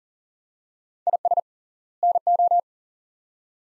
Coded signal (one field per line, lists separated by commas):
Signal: Morse code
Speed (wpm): 40 wpm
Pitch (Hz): 700 Hz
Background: none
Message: IS NO